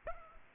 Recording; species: mosquito wingbeat signal from an infrared sensor; Aedes aegypti